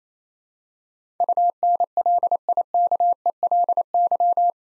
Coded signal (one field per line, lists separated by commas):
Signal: Morse code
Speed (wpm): 28 wpm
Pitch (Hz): 700 Hz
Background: none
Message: UNLIKELY